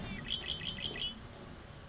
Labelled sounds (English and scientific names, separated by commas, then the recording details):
Red-winged Blackbird (Agelaius phoeniceus)
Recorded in Sonoma County, California